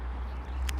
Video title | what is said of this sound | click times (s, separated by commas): Mitsubishi 3000gt / GTO Interior Installation Pt 1 | until it locks into place | 0.7 s